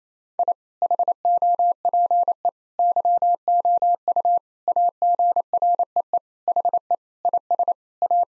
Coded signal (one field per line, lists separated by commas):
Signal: Morse code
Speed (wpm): 28 wpm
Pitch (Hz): 700 Hz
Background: none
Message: I HOPE YOU AGREE HE IS A